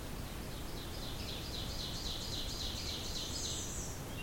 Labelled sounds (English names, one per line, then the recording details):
Ovenbird song
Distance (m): 60 m
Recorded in boreal forest in Alberta, Canada, on 28 June 2016 at 06:21
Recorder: SongMeter 3, array SBT-6-79
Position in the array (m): 5 m, 125 m
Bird 42